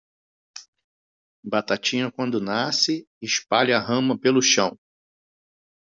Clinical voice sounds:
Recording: short text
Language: Brazilian Portuguese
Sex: male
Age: 50 to 59 years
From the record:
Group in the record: control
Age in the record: 53 years

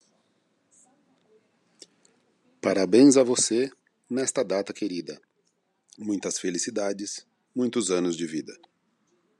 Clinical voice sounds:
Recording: short text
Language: Brazilian Portuguese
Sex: male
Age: 50 to 59 years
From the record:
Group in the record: control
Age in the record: 50 years

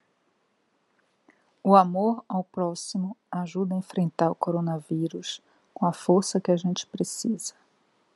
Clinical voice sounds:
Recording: spoken sentence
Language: Brazilian Portuguese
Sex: female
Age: 60 to 69 years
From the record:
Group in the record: control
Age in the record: 62 years

